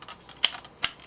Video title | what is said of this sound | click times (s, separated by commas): Yamato 1/3000 SDF-1 Macross Review - CollectionDX | two clicks that pin pulls back in that's what helps hold the arm level to the body | 0.5 s, 0.8 s